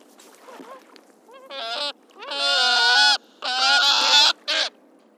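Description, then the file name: Audouin's gull calls, harsh nasal braying notes in bursts of varying length, four main calls with short gaps, fainter calling at the start. "audouins meeuw"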